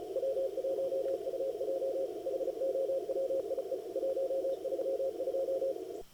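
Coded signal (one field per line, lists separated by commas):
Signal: Morse code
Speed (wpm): 36 wpm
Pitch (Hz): 540 Hz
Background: none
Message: W1UJ HOWIE 132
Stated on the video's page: CW Operators Club weekly CWT mini contest on 80, 40 and 20 m, single-op high power, operated at slow (QRS) and fast (QRQ) speeds.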